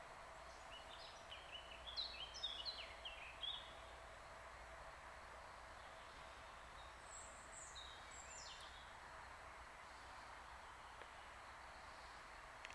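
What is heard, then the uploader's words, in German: A steady, even rush of flowing water from a forest stream fills the recording, with a faint low rumble underneath. Bird calls chirp brightly in a cluster around two to four seconds, and a higher bird sings again near seven to eight seconds. Am Bach im Wald. Spaziergang im Wald.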